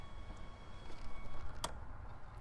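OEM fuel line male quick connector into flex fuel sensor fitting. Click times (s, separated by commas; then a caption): 1.6 s. An OEM fuel line's male quick connector is pushed into the flex fuel sensor fitting of an MHD FlexFuel kit on a BMW G20 B58 or G80 S58. A single sharp, bright click sounds at 1.6 s over a low, steady background rumble. The connector is seated, ready for a pull test.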